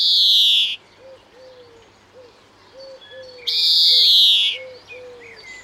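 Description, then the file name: European greenfinch calls as two harsh, drawn-out buzzy wheezes, while soft low notes repeat underneath. "Chloris chloris"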